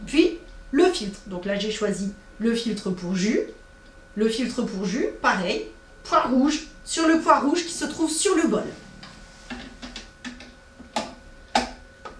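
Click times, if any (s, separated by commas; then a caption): 11.6 s. A plastic pure-juice filter for a JR6000 juice extractor is lined up red dot to red dot with the juicer bowl and pressed down onto it while someone talks. A series of light ticks from about 9.0 s builds to a louder snap at 11.6 s, and the filter is clipped securely onto the bowl.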